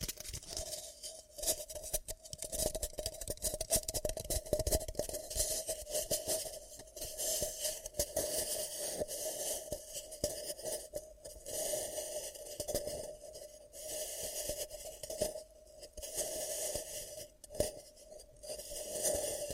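Ear cupping sounds: soft, muffled rubbing and scraping that rise and fall in uneven bursts for the whole stretch. A steady low-mid hum sits underneath, while quick brighter swishes and taps come every second or two, with short quieter gaps around the middle and end.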